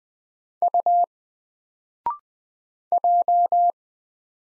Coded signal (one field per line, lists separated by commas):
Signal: Morse code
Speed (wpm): 20 wpm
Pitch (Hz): 700 Hz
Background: none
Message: U J